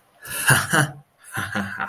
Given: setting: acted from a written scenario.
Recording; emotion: vocal sound without words; triumph